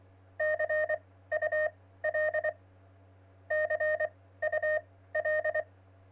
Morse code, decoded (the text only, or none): CUL CUL